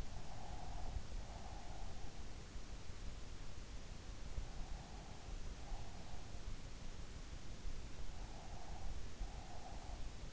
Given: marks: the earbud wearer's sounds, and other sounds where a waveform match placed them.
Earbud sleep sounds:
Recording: sounds in sleep by an in-ear microphone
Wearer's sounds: breath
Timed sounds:
0.00-2.07 s: breath
8.20-10.33 s: breath

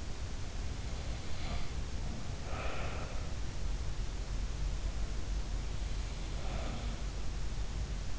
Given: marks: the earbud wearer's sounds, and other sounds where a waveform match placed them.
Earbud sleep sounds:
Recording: sounds in sleep by an in-ear microphone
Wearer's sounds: breath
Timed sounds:
1.35-1.93 s: sound from someone else or the room
2.40-3.20 s: breath
6.22-7.13 s: sound from someone else or the room

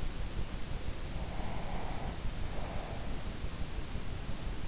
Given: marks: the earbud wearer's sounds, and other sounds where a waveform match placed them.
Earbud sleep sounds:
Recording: sounds in sleep by an in-ear microphone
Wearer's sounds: breath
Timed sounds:
1.22-3.18 s: breath

